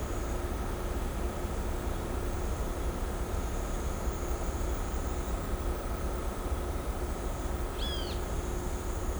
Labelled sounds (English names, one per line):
Great Kiskadee